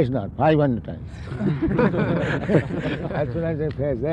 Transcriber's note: laughter